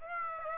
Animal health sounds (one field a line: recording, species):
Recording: mosquito wingbeat signal from an infrared sensor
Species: Aedes aegypti